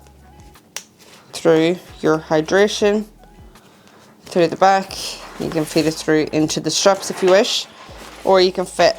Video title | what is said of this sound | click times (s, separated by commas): Best Personal Item for Budget Airlines? Pakt Stash Packable Backpack Review | Then you've got a sleeve, a little click | 0.8 s